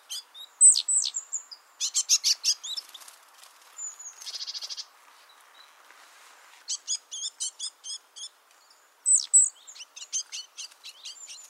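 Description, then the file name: Great tit calls: sharp high notes and quick chattering series, a fast buzzy trill around four seconds, a quiet gap, then more rapid clipped notes. "Parus major"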